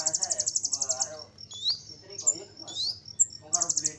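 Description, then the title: Small bird singing: a fast high trill opens and closes the phrase, with swooping whistled notes and lower chattering squeaks in between. "Burung Kecil 1"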